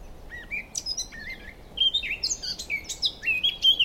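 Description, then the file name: Eurasian blackcap giving a fluent warble that starts quietly, then rises into louder, clearer whistled notes with quick pitch jumps. "Sylvia atricapilla"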